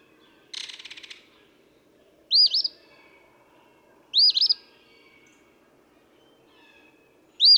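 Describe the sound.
Eastern phoebe song, a scratchy two-part phrase given three times a few seconds apart, after a short burst of rattling noise.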